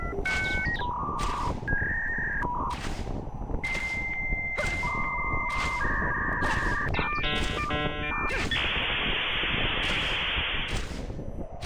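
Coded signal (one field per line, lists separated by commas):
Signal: dial-up modem handshake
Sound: whistling tones and warbles, a steady high tone, then harsh rushing hiss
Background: background noise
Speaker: that dialup sound, people don't know. Let me let me play one more time for y'all.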